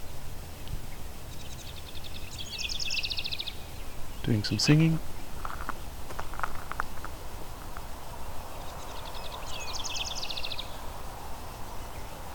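A summer day at Fletcher Creek Ecological Preserve in Flamborough, Ontario, with a steady low rumble underneath. Bright buzzing insect trills rise at about two seconds and again near ten. Around four seconds a brief voice-like sound passes, followed by scattered clicks and chirps.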